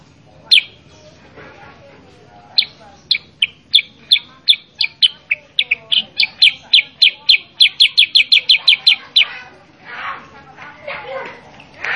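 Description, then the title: Sooty-headed bulbul song: a brief opening note, then an accelerating run of bright falling chirps growing denser toward the end, followed by softer fluttery sounds. Sooty-headed bulbul song, loud and lively (gacor), used as a master recording to train caged birds to answer and copy. "Masteran Kutilang Sutra. Kutilang Sutra mana YANG GAK NYAUT dan IKUT BUNYI GACOR dengan suara Kutilang Sutra Super GACOR Ini"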